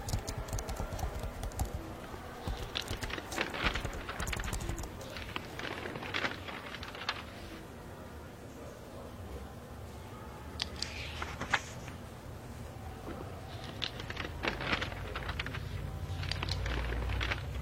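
Library ambience with keyboard typing, heard as clusters of quick, irregular taps that come in bursts around the 3–7 second mark and again near 11 and 14–16 seconds. A low, steady hum runs underneath throughout, with faint murmuring voices now and then.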